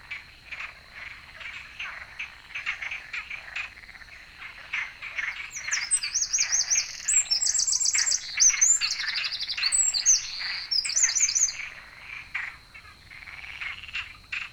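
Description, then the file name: Eurasian wren: a long burst of very high, quick trills and twitters in the middle. "Troglodytes troglodytes"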